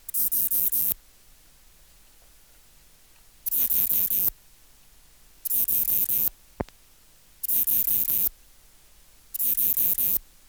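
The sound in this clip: Ephippigerida areolaria bush-cricket song: five loud, hissing bursts of rapid pulses, each under a second, with one sharp click between them.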